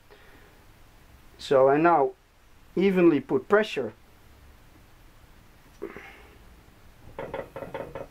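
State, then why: Seated. Someone talks as a rebuilt transmission clutch piston with new rings is pressed evenly by bare hands into its drum. A faint scrape comes around 5.8 s, then a sharp click at 7.2 s followed by a few quick softer knocks as the piston seats in the drum.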